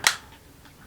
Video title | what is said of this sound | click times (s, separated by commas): iPhone XS Max - Otterbox Defender Pro Unboxing & Review | and you just go around and make sure all of the clips snap in place. | 0.1 s